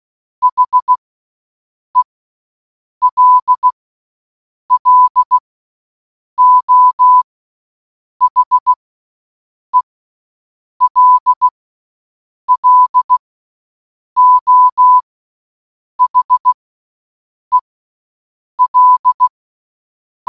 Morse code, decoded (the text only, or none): HELLO HELLO HEL